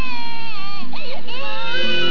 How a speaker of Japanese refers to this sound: 家では赤ちゃんの泣き声に5歳の子まで目を覚まし一緒に泣き出した。